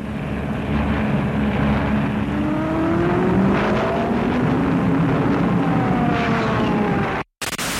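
Allied military aircraft fly over during the heavy bombing of Berlin in April 1945, on the eve of Hitler's birthday, with a loud, continuous engine roar, droning tones slowly sliding up and down in pitch. No voices; the sound cuts off abruptly near the end.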